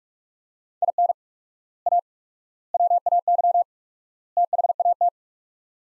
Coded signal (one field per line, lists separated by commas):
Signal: Morse code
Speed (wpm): 42 wpm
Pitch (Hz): 700 Hz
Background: none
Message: IN A WAY THAT